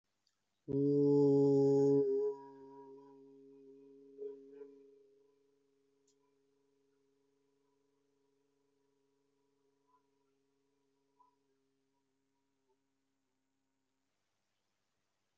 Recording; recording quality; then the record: sustained vowel as in boot; excellent, no background noise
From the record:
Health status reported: healthy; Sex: male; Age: 27 years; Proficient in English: yes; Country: India